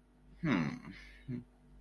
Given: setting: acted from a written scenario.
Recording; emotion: vocal sound without words; sympathy